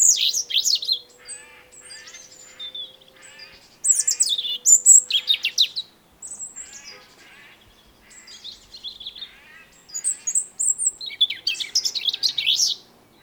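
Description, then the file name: European robin singing varied high twittering and warbled phrases with brief gaps, over a faint steady low hum early on. "Erithacus rubecula"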